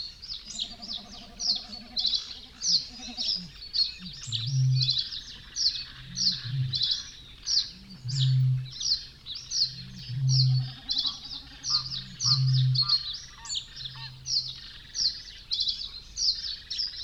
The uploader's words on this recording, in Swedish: Dalbyvikens ljudlandskap i maj. Ljuden är inspelade med Telingas SSM-mikrofon och en Olympus LS-14 samt PRO-8 MK2 parabolmikrofon och en Zoom H4.